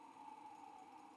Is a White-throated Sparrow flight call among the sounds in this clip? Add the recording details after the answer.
no. No flight call is heard. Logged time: 08:41 on 5 December 2014